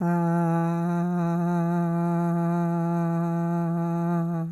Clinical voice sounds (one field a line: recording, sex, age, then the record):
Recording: sustained vowel /a/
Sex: female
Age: 70 to 79 years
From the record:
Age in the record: 71 years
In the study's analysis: included